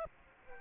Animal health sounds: mosquito wingbeat signal from an infrared sensor; Aedes aegypti

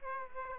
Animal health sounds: mosquito wingbeat signal from an infrared sensor; Aedes aegypti

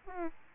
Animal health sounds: mosquito wingbeat signal from an infrared sensor; Aedes albopictus

